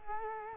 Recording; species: mosquito wingbeat signal from an infrared sensor; Culex quinquefasciatus